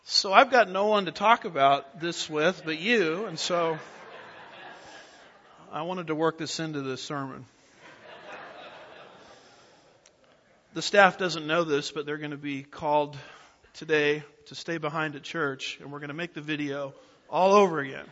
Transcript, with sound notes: So I’ve got no one to talk about this with but you and so… [Laughter] I wanted to work this into the sermon. [More laughter] The staff doesn’t know this but they’re going to be called today to stay behind the church and we’re going to make the video all over again.